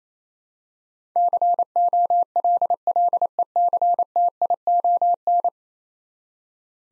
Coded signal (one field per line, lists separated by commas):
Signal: Morse code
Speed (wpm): 28 wpm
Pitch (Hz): 700 Hz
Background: none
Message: COLLECTION